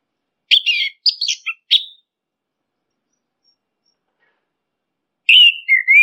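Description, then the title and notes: Orange-headed thrush singing a few short, varied phrases in quick succession, then a pause of a few seconds before another whistled phrase. Training recording of song used for tutoring birds. "punglor kembang. Masteran Anis Kembang"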